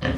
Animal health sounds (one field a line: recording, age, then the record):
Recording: pig call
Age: growing-finishing pig (85 days or more)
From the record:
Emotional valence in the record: negative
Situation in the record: barren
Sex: female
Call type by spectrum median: low-frequency call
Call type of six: low-frequency modulated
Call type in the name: low-frequency modulated, not sure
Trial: 3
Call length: 0.18 s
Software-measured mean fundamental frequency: 50 Hz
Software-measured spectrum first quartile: 180 Hz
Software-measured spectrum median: 502 Hz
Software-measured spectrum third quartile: 1438 Hz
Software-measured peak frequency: 128 Hz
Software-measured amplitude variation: 141 dB a second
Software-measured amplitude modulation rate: 24.5 a second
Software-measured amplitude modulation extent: 5.7 dB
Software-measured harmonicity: 1.9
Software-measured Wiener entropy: -1.60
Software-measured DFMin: 935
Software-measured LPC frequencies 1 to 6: 408, 1781, 3050, 3990, 4863, 5894 Hz